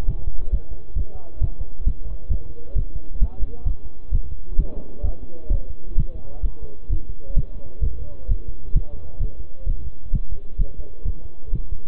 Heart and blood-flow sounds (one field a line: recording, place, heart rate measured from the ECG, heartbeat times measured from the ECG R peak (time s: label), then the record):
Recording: heart sounds by stethoscope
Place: between the tricuspid and mitral areas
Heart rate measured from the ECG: 131 bpm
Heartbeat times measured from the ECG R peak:
0.09 s: heartbeat
0.53 s: heartbeat
0.97 s: heartbeat
1.42 s: heartbeat
1.87 s: heartbeat
2.31 s: heartbeat
2.77 s: heartbeat
3.22 s: heartbeat
3.66 s: heartbeat
4.13 s: heartbeat
4.59 s: heartbeat
5.04 s: heartbeat
5.52 s: heartbeat
5.98 s: heartbeat
6.44 s: heartbeat
6.91 s: heartbeat
7.37 s: heartbeat
7.83 s: heartbeat
8.30 s: heartbeat
8.76 s: heartbeat
9.21 s: heartbeat
9.67 s: heartbeat
10.14 s: heartbeat
10.60 s: heartbeat
11.06 s: heartbeat
11.54 s: heartbeat
From the record:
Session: bicycle stress test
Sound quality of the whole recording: good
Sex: male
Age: 23 years